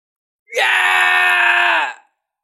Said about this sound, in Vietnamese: Vị chí tôn này hét lớn, hắn không nghĩ tới rằng chỉ mới đoạn đầu tiên mà binh khí đã bị hủy diệt, đồng thời cánh tay tê dại đau đớn vô cùng.